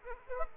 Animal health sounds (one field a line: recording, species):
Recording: mosquito wingbeat signal from an infrared sensor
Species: Aedes aegypti